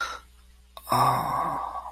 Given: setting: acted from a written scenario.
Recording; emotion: vocal sound without words; awe